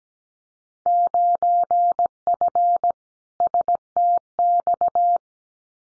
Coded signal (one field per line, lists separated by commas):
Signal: Morse code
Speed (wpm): 17 wpm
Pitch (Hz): 700 Hz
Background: none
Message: 9F STX